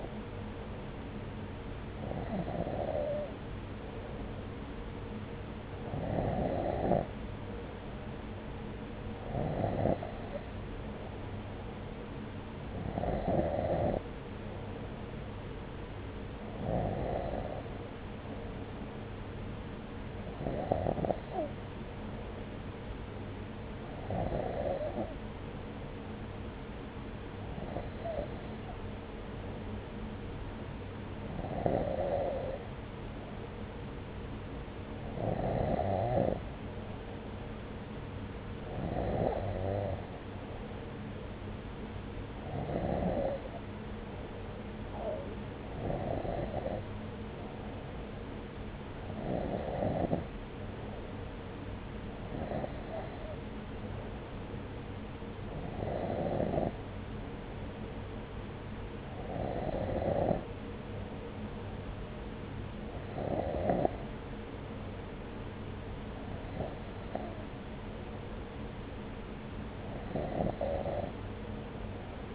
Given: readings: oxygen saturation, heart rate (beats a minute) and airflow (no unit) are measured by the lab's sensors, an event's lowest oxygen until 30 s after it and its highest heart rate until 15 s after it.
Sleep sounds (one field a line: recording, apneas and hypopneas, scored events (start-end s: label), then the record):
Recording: breathing in sleep by a voice recorder at the bedside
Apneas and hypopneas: none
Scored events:
62.00-72.35 s: new sleep stage, N3 (deep sleep)
From the record:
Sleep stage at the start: N2 (light sleep)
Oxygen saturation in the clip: 93 to 94%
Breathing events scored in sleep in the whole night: 303 in 8.1 hours asleep